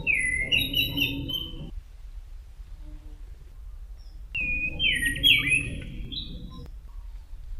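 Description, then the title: Thrush song in two rich phrases of varied whistled notes, rising and falling, separated by a pause, over a steady low rumble. "Suara Burung Anis"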